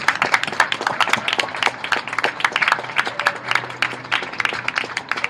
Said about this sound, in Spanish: Y bueno, pues un aplauso para todos nosotros, ¿no? Que nos lo merecemos.